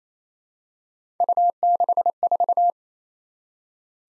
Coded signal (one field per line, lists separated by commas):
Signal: Morse code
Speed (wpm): 29 wpm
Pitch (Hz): 700 Hz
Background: none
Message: U64